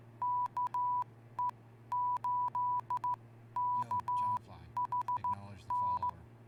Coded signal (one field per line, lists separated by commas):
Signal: Morse code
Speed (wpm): 15 wpm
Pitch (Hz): 990 Hz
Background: none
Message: KE8KHN